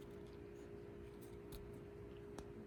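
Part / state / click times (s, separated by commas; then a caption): action figure wing peg into back socket / not seated / none. A plastic wing peg is pushed into the back socket of an action figure at a rough angle, with faint scraping and two small ticks at about 1.6 s and 2.4 s over a steady low hum. Nothing has seated or clicked yet, and the peg is not in.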